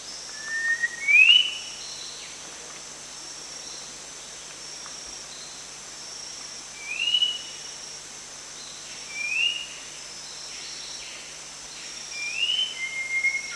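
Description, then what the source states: Sooty-capped babbler giving several brief upslurred whistles at irregular intervals, against a continuous high-pitched insect buzz. Danum, 1 January 2008.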